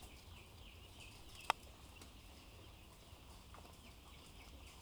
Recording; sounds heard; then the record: poultry house recording; healthy chickens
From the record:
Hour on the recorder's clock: 14